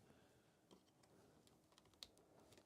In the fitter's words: Clicks in place